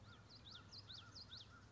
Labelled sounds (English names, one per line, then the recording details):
Common Yellowthroat
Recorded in Sonoma County, California